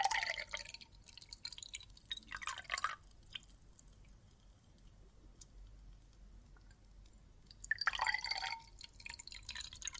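Water and soap foam crackle and fizz in bright bursts near the start, around two to three seconds, and again from eight seconds on.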